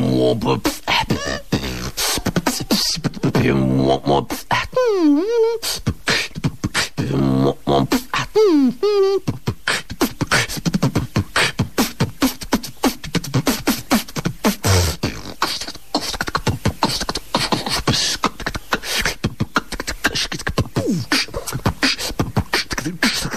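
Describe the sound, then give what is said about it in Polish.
Loud, fast beatboxing fills the whole stretch, a dense stream of mouth-made kicks, snares and clicks, broken twice by swooping, warbling vocal sounds that glide up and down in pitch. “A wielkanocny królik może beatboxować na przykład tak.”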